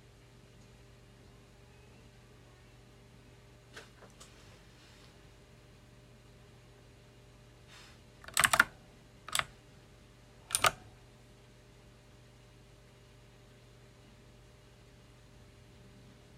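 Sharp clacks from a loud mechanical keyboard, recorded close-up, stand out over a steady low hum. A few soft taps come around four seconds, then three loud, crisp keystroke bursts land near eight, nine and ten and a half seconds before the hum continues alone.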